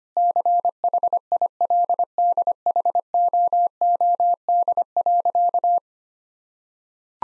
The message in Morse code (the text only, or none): CHILDHOOD.